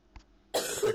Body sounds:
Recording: coughing mixed with background sound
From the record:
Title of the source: 30 Chesty and wet cough

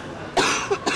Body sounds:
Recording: coughing mixed with background sound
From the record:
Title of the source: 64 coughing, allergies, singing lungs

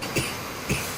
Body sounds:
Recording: coughing mixed with background sound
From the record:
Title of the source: Dry Afternoon Cough

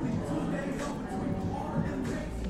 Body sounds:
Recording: background sound without coughing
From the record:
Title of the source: 60 minutes of coffee shop sounds for study and concentration

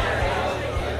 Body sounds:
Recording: background sound without coughing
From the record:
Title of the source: CITY SOUNDS Busy Bar in the Evening Night - 2 HOURS of Ambiance for Relaxation

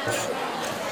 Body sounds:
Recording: coughing mixed with background sound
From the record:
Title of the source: Cough Around the Clock!

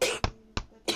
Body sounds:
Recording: coughing mixed with background sound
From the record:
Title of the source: 61 morning phlegmy cough...again

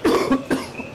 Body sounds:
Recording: coughing mixed with background sound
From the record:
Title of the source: Coughing 77

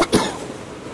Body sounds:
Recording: coughing mixed with background sound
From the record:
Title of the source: 31 night wet cough

